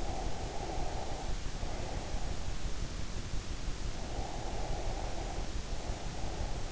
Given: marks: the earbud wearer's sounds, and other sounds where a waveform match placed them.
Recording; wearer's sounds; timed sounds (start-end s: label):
sounds in sleep by an in-ear microphone; breath
0.03-2.48 s: breath
3.82-6.72 s: breath